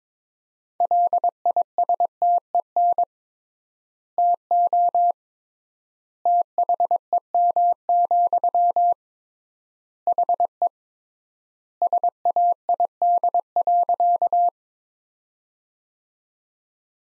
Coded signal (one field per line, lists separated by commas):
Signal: Morse code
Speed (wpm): 22 wpm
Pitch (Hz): 700 Hz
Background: none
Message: LISTEN TO THEM, HE SAID.